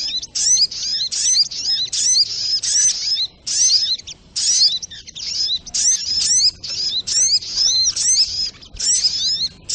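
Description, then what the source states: Little spiderhunter song: rapid, high-pitched chattering phrases of thin, squeaky notes repeated in short bursts, separated by brief gaps. Masteran recording, used as a song model for training kept birds; Labaik song variant.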